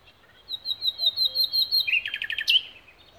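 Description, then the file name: Common nightingale delivering a string of repeated piping whistles that swell in volume, ending in a dense, buzzy, rattling flourish. "Luscinia megarhynchos"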